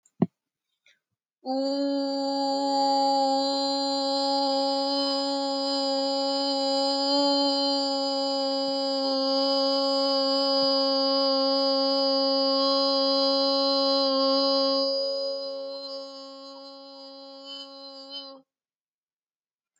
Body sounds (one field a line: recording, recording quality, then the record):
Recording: sustained vowel as in boot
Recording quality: excellent, no background noise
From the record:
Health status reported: healthy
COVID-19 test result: negative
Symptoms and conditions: cough, cold, fever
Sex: female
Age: 29 years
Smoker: not ticked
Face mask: not worn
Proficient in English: yes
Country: India